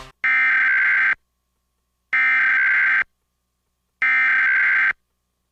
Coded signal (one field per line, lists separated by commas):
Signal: Emergency Alert System (SAME) tones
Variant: header bursts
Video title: EAS Reenactment Mock: "Moe-bee-ull Homes"